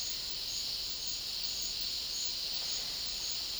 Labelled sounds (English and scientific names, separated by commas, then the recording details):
none
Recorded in dense forest near Puerto Asís, Putumayo, Colombia, on 18 February 2024 at 12:30
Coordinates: 0.500, -76.322
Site G6465